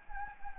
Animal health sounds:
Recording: mosquito wingbeat signal from an infrared sensor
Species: Anopheles gambiae

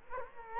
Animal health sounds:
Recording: mosquito wingbeat signal from an infrared sensor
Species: Culex quinquefasciatus

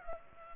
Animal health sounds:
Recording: mosquito wingbeat signal from an infrared sensor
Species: Culex pipiens

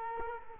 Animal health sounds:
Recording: mosquito wingbeat signal from an infrared sensor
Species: Culex quinquefasciatus

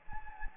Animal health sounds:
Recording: mosquito wingbeat signal from an infrared sensor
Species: Anopheles gambiae

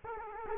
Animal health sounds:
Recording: mosquito wingbeat signal from an infrared sensor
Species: Culex quinquefasciatus

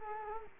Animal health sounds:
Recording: mosquito wingbeat signal from an infrared sensor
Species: Culex quinquefasciatus

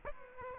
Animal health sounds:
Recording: mosquito wingbeat signal from an infrared sensor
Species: Aedes aegypti

